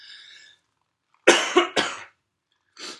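A quick run of three harsh, dry coughs from an adult woman, then a short breath; the cough comes from bronchi irritated by dry winter air, with viral tests negative.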